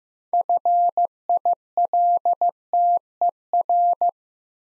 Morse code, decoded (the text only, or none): FILTER